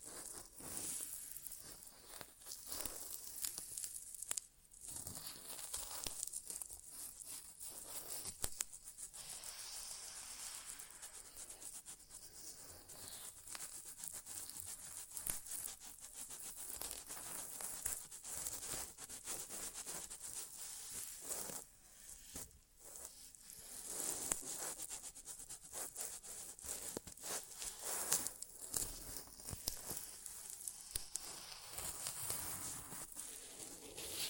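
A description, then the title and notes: Soft, crackly rubbing and crinkling sounds fill an ear-exam ASMR session with no talking. The texture is dense and mostly bright, shifting constantly, with brief quiet gaps near 5, 22 and 28 seconds and a faint steady high whine throughout. ASMR Inner Ear Exam (No Talking).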